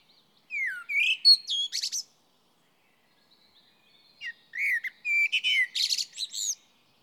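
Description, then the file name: Common blackbird singing two phrases, each a rich whistled motif trailing into a burst of thin, high chattering notes, with a quiet gap between. "Turdus merula"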